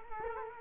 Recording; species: mosquito wingbeat signal from an infrared sensor; Culex quinquefasciatus